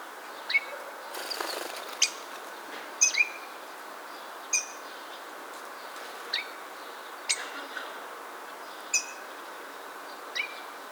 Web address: birdsong Starling